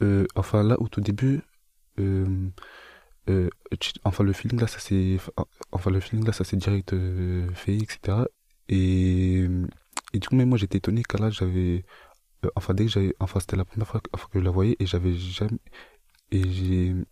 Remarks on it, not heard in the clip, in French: Il y a des personnes avec qui je bégayais plus que d'autres, et des personnes avec qui je bégayais pas du tout.